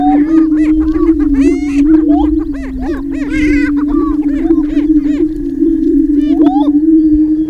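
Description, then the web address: Greater prairie chicken booming, an unbroken low droning hum with many loud rising whoops and chattering cackles from several birds layered on top. "Gallinaceous Gr Prairie Chicken"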